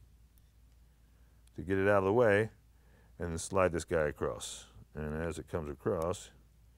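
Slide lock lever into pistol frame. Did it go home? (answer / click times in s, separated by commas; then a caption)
no / none. While the slide lock spring is held down, a steel extended slide lock lever is slid across through a pistol frame as someone talks. Nothing has seated or clicked into place yet.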